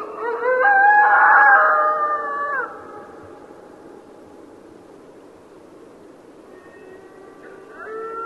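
Mexican wolf howls, overlapping long sustained tones rising and holding steady for about three seconds, then quiet, with a new howl starting near the end.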